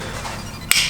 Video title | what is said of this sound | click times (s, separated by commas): New Start/Stop Button on the F30 - Install DIY | make sure they click into place so just | 0.7 s